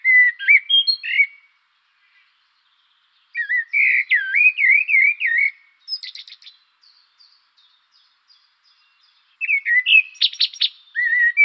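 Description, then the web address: Common blackbird song: mellow, fluting warbled phrases around mid pitch, some ending in squeaky high twitters, with pauses between phrases. "birdify. turdus merula"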